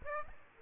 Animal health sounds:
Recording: mosquito wingbeat signal from an infrared sensor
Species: Aedes aegypti

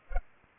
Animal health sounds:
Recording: mosquito wingbeat signal from an infrared sensor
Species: Culex pipiens

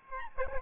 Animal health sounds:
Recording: mosquito wingbeat signal from an infrared sensor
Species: Aedes albopictus

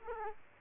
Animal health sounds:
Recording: mosquito wingbeat signal from an infrared sensor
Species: Aedes aegypti

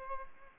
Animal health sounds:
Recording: mosquito wingbeat signal from an infrared sensor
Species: Aedes aegypti

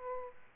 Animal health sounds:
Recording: mosquito wingbeat signal from an infrared sensor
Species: Aedes aegypti

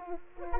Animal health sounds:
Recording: mosquito wingbeat signal from an infrared sensor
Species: Culex quinquefasciatus

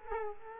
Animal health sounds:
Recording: mosquito wingbeat signal from an infrared sensor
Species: Culex quinquefasciatus

